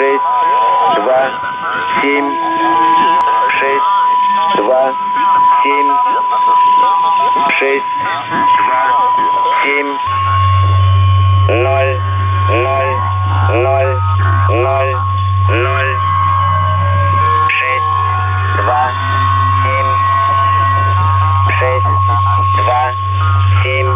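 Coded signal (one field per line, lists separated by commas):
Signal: numbers station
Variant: S06 Russian Man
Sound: male voice reading short spaced words through static, with a steady whistle and hum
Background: radio static, heterodyne whistle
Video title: 21 06 2019 S06 Russian Man Numbers station in Russian to Eu 2100 on 7314 unknown tx site USB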